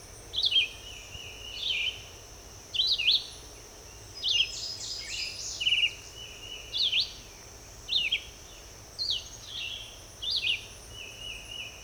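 Red-eyed vireo singing a busy series of varied short whistled phrases, nearly one per second, with a high insect drone continuing underneath.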